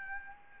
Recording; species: mosquito wingbeat signal from an infrared sensor; Aedes albopictus